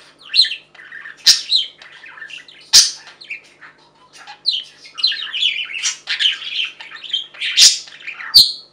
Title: Budgie Sounds